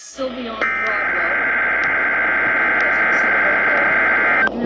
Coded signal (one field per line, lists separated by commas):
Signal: Emergency Alert System (SAME) tones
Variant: header bursts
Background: speech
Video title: EAS scenario tornado in West annation